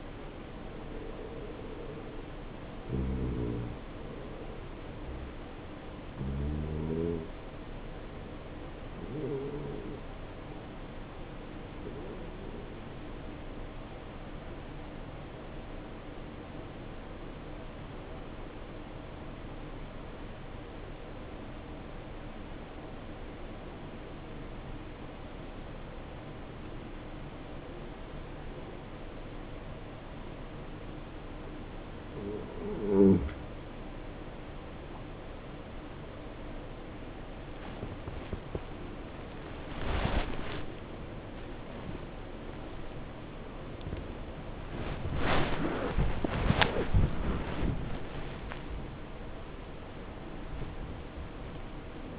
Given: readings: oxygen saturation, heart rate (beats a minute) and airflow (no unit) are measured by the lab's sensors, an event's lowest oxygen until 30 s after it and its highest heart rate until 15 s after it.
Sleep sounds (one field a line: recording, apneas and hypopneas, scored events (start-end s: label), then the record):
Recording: a person awake in a sleep study, by a voice recorder at the bedside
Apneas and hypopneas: 1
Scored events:
8.00-34.90 s: obstructive apnea (N2, oxygen 94% highest, then 86% lowest, heart rate 65 at the start, 80 highest)
26.00-52.19 s: new sleep stage, awake
33.00-52.19 s: awake
From the record:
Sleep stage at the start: N2 (light sleep)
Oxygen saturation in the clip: 84 to 94%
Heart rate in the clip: 64 to 87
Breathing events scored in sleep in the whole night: 277 in 7.4 hours asleep